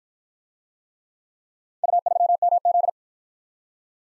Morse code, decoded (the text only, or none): U3MZ